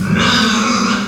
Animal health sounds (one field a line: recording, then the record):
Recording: squeal of a Yucatan mini pig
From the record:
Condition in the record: after surgery on the right vocal fold (resection and tissue-engineered implant)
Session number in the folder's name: 14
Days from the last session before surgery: 133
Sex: female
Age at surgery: 19 weeks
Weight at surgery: 25 kg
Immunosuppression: prednisolone